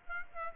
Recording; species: mosquito wingbeat signal from an infrared sensor; Aedes aegypti